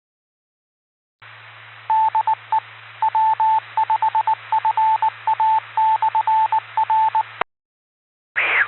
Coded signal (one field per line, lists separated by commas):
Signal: Morse code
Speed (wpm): 19 wpm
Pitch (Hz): 880 Hz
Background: none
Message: DE W5FA/R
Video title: KI5IRE First Technician Class QSO 03-24-20